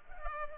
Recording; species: mosquito wingbeat signal from an infrared sensor; Culex pipiens